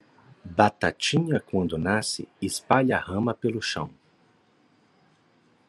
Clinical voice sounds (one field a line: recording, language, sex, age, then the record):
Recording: short text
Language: Brazilian Portuguese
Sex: male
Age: 40 to 49 years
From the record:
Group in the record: control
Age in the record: 46 years